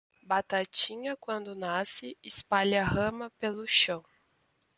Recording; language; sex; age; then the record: short text; Brazilian Portuguese; female; 20 to 29 years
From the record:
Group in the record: control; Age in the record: 24 years